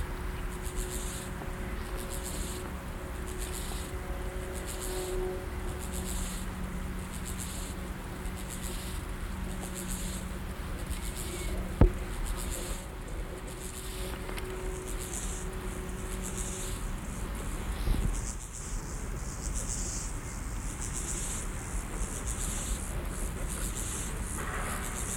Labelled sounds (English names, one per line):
Steppe Grasshopper stridulation